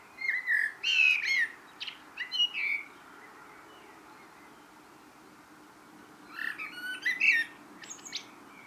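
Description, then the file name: Eurasian blackbird delivering a warbled phrase with squeaky high ends, a long pause, then a second similar phrase. "Turdus merula"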